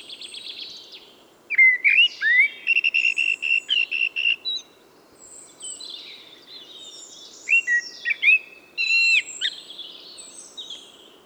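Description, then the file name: Common blackbird singing a rapid run of repeated whistled notes, then a pause and another phrase of whistles ending in high chattering. "Turdus merula"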